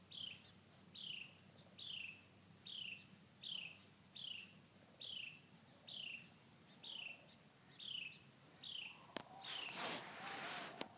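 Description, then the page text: Carolina wren calling a steady series of clear falling cheer notes about every 0.85 seconds, ending in a burst of loud rustling noise. Several dozen cheer calls recorded during the 116th Christmas Bird Count at Bosque del Apache, New Mexico, United States. "Documentation for the 116th Bosque del Apache (NM) CBC. Wren, Carolina. Sound recording of several dozen “cheer” calls"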